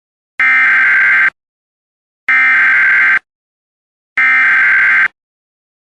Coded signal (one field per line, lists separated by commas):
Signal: Emergency Alert System (SAME) tones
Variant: header bursts